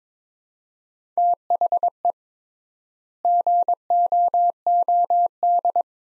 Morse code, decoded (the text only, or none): THE GOOD